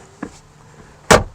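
On a 2018-2022 Honda Accord LX, after a cabin air filter replacement, the glove box is pushed back up and its plastic latch or damper arm is attached to the dashboard. A faint knock comes at about 0.2 s, then a loud, sharp snap at 1.1 s as the latch seats in place.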